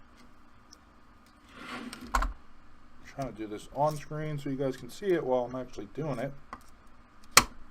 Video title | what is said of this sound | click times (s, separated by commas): HK MP5K Airsoft Disassembly and Rebuild | there we go pop | 7.4 s